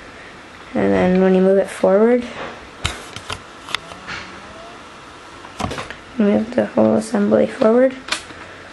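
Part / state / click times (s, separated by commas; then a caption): sliding assembly into its housing during air restrictor removal / not seated / none. An assembly is slid forward into its housing during air restrictor removal on a Recon, while someone talks. Short sharp handling ticks and knocks are heard around 2.9, 3.2, 3.3, 3.8, 5.6 and 5.9 s between the speech. The assembly is only handled and moved forward here, and nothing has seated or clicked into place yet.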